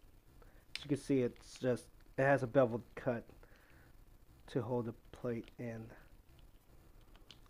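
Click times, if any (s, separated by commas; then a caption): 7.3 s. Someone talks while pushing a bevel-cut camera quick-release plate back into the clamp of a Vivitar 1250 tripod head. Faint handling clicks lead up to a sharp click at 7.3 s as the plate seats in the tripod head.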